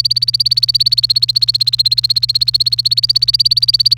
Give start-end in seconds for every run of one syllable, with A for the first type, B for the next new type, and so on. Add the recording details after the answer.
0.00-3.98 A. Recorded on 28 April 2018 at 09:46. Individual llb3